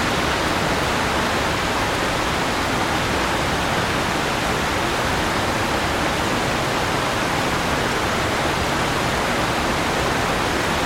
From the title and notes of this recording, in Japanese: 市内の雨の嵐 | 夜通しの豪雨。このエピソードでは、ロンドン中心部の容赦ない豪雨をキャッチしました。時刻は午後10時で、雨が激しく降っています。